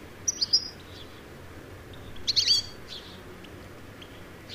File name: Carduelis carduelis